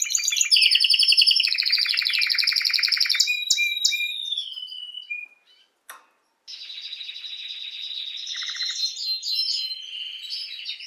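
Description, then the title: Canary song: fast buzzy trills and rolling phrases high in pitch, a long steady note, then a brief pause before the trilled song resumes. Male Belgian canary singing a lot, used for training and warming up young birds; bird named Raiden. "Canary Training Esquente Seu Filhote E Canario Belga Macho Cantando Muito. Canrio Belga RAIDEN Cantando Muito - Esquente seu Canrio Belga"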